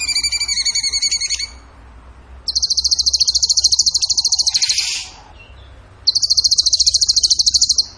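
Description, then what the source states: Bird song opening with a whistled, layered trill, then two long, very rapid high rattles with a brief buzzy flourish between them. Masteran (training song) of a bird singing in the gacor tembakan style.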